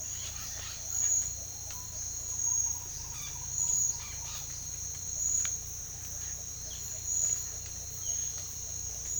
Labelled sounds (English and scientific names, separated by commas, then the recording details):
unidentified bird, Speckled Chachalaca (Ortalis guttata)
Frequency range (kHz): unidentified bird 0.4-5.4 kHz; Speckled Chachalaca (Ortalis guttata) 0.5-1.4 kHz
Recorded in secondary vegetation near Puerto Asís, Putumayo, Colombia, on 18 December 2024 at 06:30
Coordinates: 0.499, -76.323
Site G010